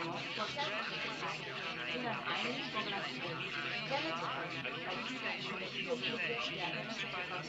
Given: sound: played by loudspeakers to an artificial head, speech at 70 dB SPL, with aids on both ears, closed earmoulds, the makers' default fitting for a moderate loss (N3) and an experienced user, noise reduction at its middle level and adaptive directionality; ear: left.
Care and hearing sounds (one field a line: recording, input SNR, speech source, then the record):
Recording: speech test signal (ISTS) in cocktail-party noise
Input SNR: -3 dB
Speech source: on the right (90 degrees)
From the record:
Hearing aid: class 1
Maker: F